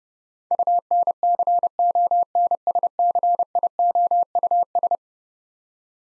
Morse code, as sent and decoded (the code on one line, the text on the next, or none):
..- -. -.-. --- -. ... -.-. .. --- ..- ...
UNCONSCIOUS